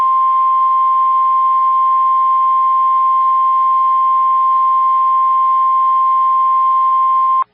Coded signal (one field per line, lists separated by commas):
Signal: Emergency Alert System (SAME) tones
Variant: 1050 Hz attention tone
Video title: DOUBLE HEADER! Real EAS Audio! Tornado Emergency and Severe Thunderstorm Warning for Toluca, IL.